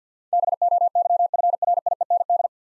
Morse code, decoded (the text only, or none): BOYFRIEND